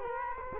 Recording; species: mosquito wingbeat signal from an infrared sensor; Culex quinquefasciatus